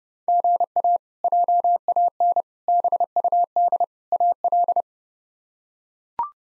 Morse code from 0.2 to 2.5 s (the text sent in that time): GA JAN